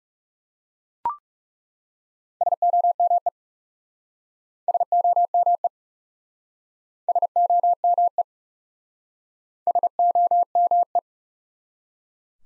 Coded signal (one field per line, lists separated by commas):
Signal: Morse code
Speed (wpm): 40 wpm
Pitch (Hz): 700 Hz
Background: none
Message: SOME SOME SOME SOME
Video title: Top 180 QSO Elements - Speed-Racing - 30wpm